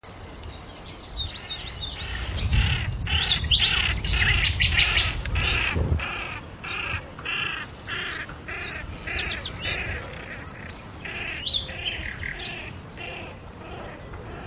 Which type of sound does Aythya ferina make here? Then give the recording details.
flight call. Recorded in the wild. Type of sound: flight call. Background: Luscinia megarhynchos, Remiz pendulinus. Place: Karower Teiche, Berlin, DE. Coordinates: 52.6222, 13.46. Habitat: pond. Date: 1988-05-01 10:45. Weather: sunny, 17-25°C. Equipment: Nagra SN, Kopie Tesla B 116. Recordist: Tembrock, Günter. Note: Karower Fischteiche. Flugrufe. Im Hintergrund Nachtigall und Beutelmeise